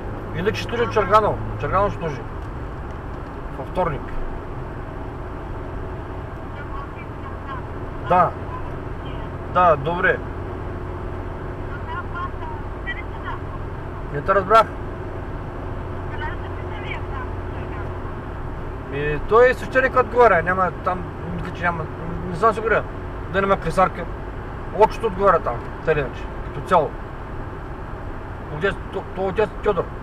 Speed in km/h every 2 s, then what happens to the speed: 82, 83, 82, 82, 83, 84, 84, 84, 85, 85, 85, 85, 85, 83, 82.
0-30 steady at about 84.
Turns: none.